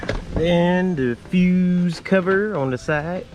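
Someone talks while handling the side fuse cover, a plastic trim panel on the dashboard of a 2000–2005 Monte Carlo, as it is put back on after a flasher switch/relay replacement. Nothing has seated or clicked yet; the cover is not yet snapped into the dash.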